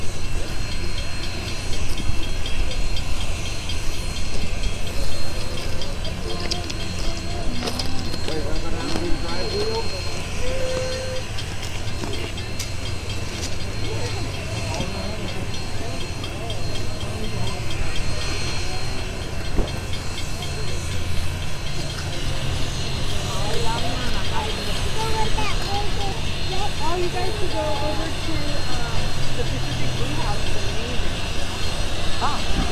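Union Pacific No. 844 sits at a crossing, its steady low rumble and hiss running unbroken for the whole stretch. Voices of onlookers talk over it throughout, and a brighter hissing rises in the last third.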